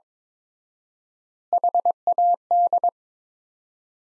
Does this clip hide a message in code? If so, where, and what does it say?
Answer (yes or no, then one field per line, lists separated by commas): yes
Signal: Morse code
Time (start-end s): 1.5-2.9 s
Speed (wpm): 21 wpm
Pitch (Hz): 700 Hz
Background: none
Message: HAD